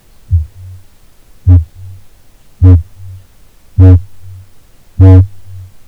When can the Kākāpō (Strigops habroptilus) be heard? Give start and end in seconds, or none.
0.22-0.92, 1.34-5.88